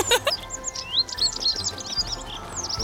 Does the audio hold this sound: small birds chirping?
yes